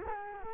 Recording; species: mosquito wingbeat signal from an infrared sensor; Culex quinquefasciatus